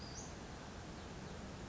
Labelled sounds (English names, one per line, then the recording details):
Western Flycatcher
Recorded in Sonoma County, California